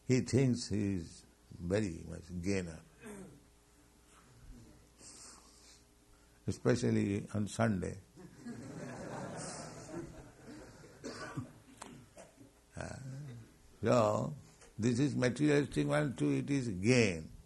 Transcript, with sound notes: he thinks he's very much gainer, especially on Sunday. [laughter] So this is materialistic, [indistinct] it is gain.